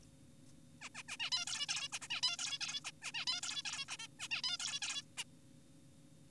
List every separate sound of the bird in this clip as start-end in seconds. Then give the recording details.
0.82-0.89, 0.95-1.03, 1.08-1.17, 1.20-1.30, 1.32-1.45, 1.47-1.66, 1.69-1.88, 1.92-1.99, 2.02-2.08, 2.10-2.21, 2.23-2.37, 2.39-2.59, 2.61-2.80, 2.85-2.91, 3.02-3.12, 3.14-3.25, 3.27-3.41, 3.43-3.62, 3.65-3.86, 3.88-3.97, 3.99-4.08, 4.20-4.28, 4.31-4.42, 4.44-4.57, 4.60-4.80, 4.82-5.02, 5.18-5.24. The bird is an adult. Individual g4p5U